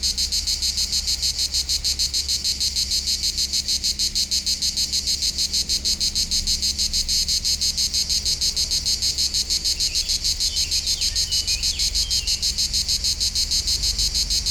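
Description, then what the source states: Cicadas singing in a loud, steady chorus of rapid rasping pulses, with a faint low rumble underneath. Local cicadas in full activity on a hot summer day at the foot of the Molard de Vions, 39 Rue de Boveron, Vions, France; rhythmic song.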